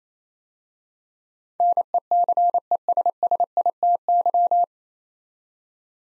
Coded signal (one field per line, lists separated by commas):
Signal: Morse code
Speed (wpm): 28 wpm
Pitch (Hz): 700 Hz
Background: none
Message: NECESSITY